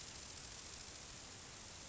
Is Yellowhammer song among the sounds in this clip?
no